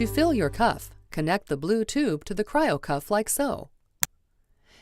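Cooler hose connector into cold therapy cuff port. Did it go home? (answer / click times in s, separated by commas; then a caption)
yes / 4.0 s. A woman talks as the blue tube from an Aircast Cryo Cuff gravity cooler is connected to the cold therapy cuff's port. A single sharp click sounds at 4.0 s, showing the connector has seated securely.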